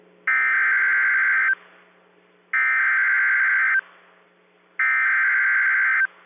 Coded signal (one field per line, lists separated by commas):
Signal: Emergency Alert System (SAME) tones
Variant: header bursts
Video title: THE MARGINAL RESURGENCE | EAS Alerts from 3/12-3/13/23 (EAS #803 - 815)